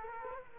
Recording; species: mosquito wingbeat signal from an infrared sensor; Culex quinquefasciatus